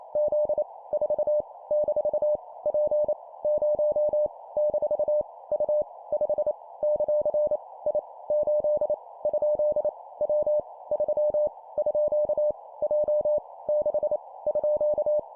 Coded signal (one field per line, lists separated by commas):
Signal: Morse code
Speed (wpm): 28 wpm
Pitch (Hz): 600 Hz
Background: none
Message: Z 4 - P 0 - U 5 ; I 8 ? W 3 _ J 6 _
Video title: 25wpm Random Letter Number Punctuation, improve morse code copy speed